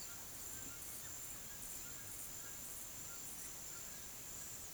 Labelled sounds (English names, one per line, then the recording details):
none
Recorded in pastures near Puerto Asís, Putumayo, Colombia, on 25 June 2025 at 09:30
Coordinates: 0.487, -76.322
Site H26